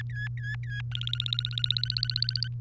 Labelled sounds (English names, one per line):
Domestic Canary song